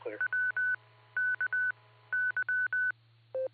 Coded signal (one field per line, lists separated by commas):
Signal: Morse code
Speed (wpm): 20 wpm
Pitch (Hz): 1500 Hz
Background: none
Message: WKY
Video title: THE BEACON NET hosted by Silvercreek Amateur Radio Assoc. 147.39+ 114.8 PL 10:00PM , 9-10-24